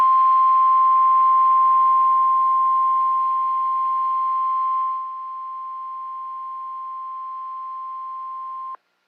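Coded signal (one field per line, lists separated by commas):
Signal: Emergency Alert System (SAME) tones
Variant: 1050 Hz attention tone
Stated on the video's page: Tornado Watch on NOAA Weather Radio transmitter and ArkLaTex Weather TV.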